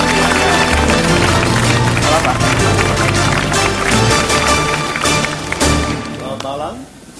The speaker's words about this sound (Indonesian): Dan sudah tidak sabar lagi langsung kita sambut, kita berikan tepuk tangan yang meriah untuk Bapak Mario Teguh.